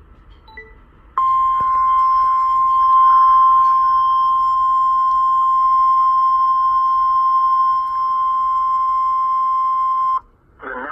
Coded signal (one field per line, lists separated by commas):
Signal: Emergency Alert System (SAME) tones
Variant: 1050 Hz attention tone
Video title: Real EAS Alert #45 Tornado Warning (Confirmed Tornado)